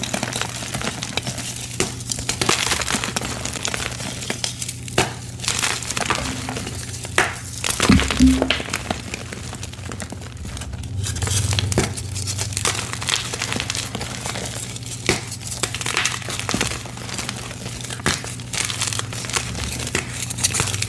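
Blocks of gym chalk are crushed in a continuous run of crumbling, crinkling crunches, dense and irregular with frequent sharp snaps throughout. A steady low hum sits underneath, and a brief louder thud or squeak stands out around eight seconds.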